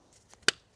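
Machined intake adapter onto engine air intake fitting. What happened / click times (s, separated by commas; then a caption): The intake adapter clicked home / 0.5 s. A machined Eventuri adapter is pressed into place on top of the engine air intake assembly of a VW MK8 Golf R during an intake install. A few faint ticks come first, then one sharp, bright click at 0.5 s as the adapter clicks home and seats.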